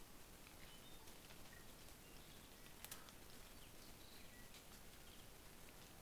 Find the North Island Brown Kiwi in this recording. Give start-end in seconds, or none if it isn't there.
none